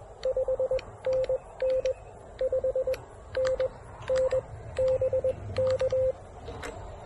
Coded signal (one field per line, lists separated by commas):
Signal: Morse code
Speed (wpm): 21 wpm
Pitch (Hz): 520 Hz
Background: none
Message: 5NN 5NN BK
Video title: Getting to Know You: The Elecraft KX3--a quick POTA activation with one extreme QRPp contact!